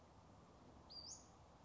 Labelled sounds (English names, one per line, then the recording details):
Western Flycatcher
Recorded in Sonoma County, California